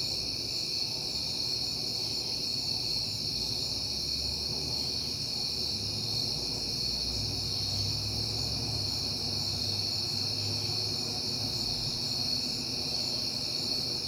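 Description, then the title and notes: Crickets trilling steadily in a high, even chorus while a low engine rumble swells and fades midway, like a car passing. Crickets on a peaceful night in September, with passing cars. "Night Time: Crickets and Passing Cars. It is September and I have been hearing the crickets a lot"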